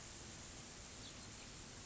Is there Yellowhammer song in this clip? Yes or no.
no